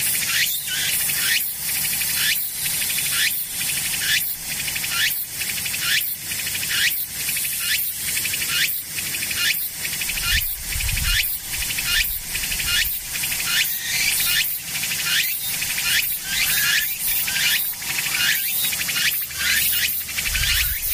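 Insects chirp in a steady, even rhythm, roughly one bright, raspy pulse every two-thirds of a second, over a constant high hiss of more insects. A soft low thump sounds briefly around the ten-second mark.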